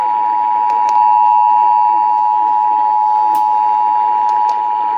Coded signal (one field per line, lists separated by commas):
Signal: Emergency Alert System (SAME) tones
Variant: 853 and 960 Hz attention tone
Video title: Birthday Tests | EAS Tests From 12/7/2021 (EAS #1,120-1,127)